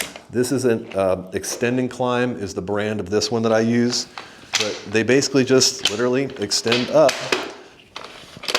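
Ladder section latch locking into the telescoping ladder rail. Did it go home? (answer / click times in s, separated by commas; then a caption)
yes / 8.5 s, 8.6 s. Someone talks while pulling up a section of an Extending Climb brand aluminium telescoping ladder, rated to hold about 225 lb. Near the end, the ladder section's locking latches engage the rail with two sharp clicks at about 8.5 and 8.6 seconds, locking the section into place.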